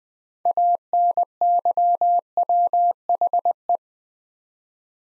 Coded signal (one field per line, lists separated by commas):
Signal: Morse code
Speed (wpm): 21 wpm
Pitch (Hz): 700 Hz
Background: none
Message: ANYWHE